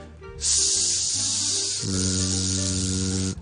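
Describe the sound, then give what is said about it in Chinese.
In an English pronunciation exercise, a voice holds a steady, loud voiceless hissing "s" for over a second, then adds vocal cord vibration without a break so the hiss turns into a buzzing "z" that continues to the end. “那個練習係咁嘅，聽我讀一次 ，S 音係咁嘅，但我嘗試。”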